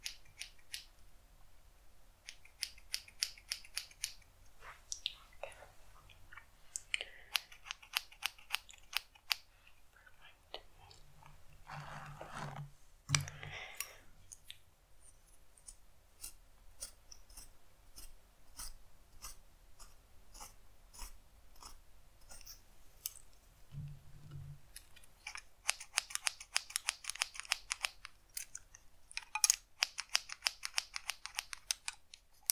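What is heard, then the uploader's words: Scissors snip in quick runs of crisp, bright clicks during a haircut roleplay, thickest near the start and again in the last eight seconds. Softer rustles and a brief breathy swish around the middle interrupt them over a faint low hum. ASMR Haircut Roleplay.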